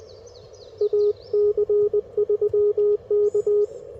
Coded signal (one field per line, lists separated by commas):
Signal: Morse code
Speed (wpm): 20 wpm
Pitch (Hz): 400 Hz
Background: radio noise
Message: AC3K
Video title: My first visit to Shiloh National Battlfield - POTA